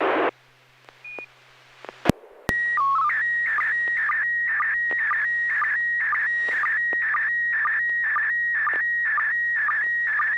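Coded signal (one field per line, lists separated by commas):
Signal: SSTV (slow-scan television)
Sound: brief noise and clicks, then a warbling tone with regular short low blips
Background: FM radio squelch noise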